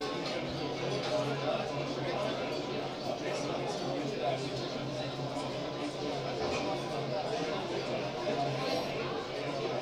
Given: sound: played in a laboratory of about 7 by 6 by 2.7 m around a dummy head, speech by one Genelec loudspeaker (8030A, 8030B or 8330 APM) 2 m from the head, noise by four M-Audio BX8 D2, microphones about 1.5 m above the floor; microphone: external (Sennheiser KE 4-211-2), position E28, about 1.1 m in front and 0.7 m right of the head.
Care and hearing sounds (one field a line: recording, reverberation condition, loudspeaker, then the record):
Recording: cafeteria noise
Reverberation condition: low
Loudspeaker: four, about 170 cm from the corners of the room and facing them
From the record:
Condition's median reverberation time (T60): about 310 ms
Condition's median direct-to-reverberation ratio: about 3.5 dB